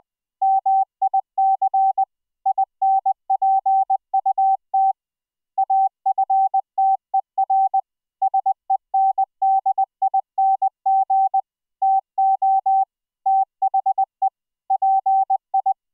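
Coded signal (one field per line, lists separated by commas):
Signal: Morse code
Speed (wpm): 20 wpm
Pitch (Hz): 770 Hz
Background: none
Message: MIC INPUT AFTER SENDING TO THE PI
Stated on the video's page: Morse sent as MIDI over IP between laptop and Raspberry Pi, rendered as audio by a GStreamer FluidSynth decoder using a custom CW soundfont.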